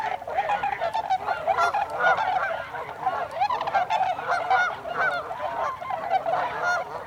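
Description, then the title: Tundra swans in a loud continuous chorus of bugling, honking notes, many birds calling over one another without pause. Several tundra swans, recorded on 26 December 2020. "2020-12-26-Tundra-Swans"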